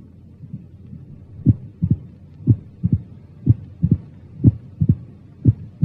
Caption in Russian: На верхушке сердца выслушивается своеобразный трехчленный ритм, так называемый ритм перепела, при котором сразу после второго тона выслушивается добавочный звук, тон открытия митрального клапана.